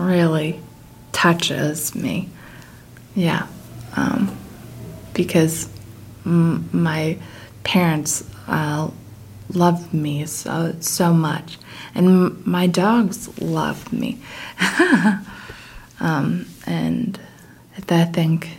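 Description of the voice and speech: Adult woman speaking with aphasia, with difficulty with language and word finding, heard as slow, halting speech broken by frequent pauses and fillers. She has lived with aphasia for 19 years, following a bike accident at age 18 after which she had to relearn how to think and speak.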